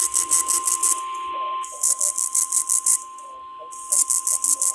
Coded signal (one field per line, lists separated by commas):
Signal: Emergency Alert System (SAME) tones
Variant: 1050 Hz attention tone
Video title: SGX AND VEF THIS TIME! NOAA Weather Radio EAS: Required Weekly Test (EAS #746-748)